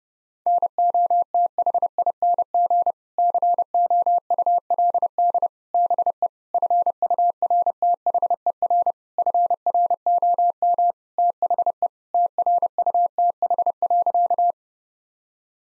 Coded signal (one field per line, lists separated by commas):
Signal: Morse code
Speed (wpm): 32 wpm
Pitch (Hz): 700 Hz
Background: none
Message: NOTHING COULD BE FURTHER FROM THE TRUTH.